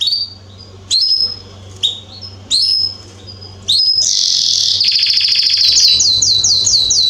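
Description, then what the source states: Belgian canary song: a few separate bright notes with pauses, then a long loud buzzy trill ending in rapid repeated chirps, over a low hum. Male Belgian canary named Salsa singing very strongly and a lot; used to warm up young birds.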